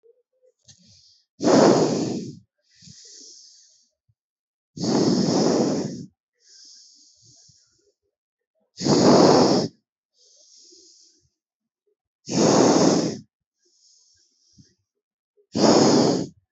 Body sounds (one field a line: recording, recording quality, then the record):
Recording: deep breathing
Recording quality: excellent, no background noise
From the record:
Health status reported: healthy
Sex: male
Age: 24 years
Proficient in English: yes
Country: India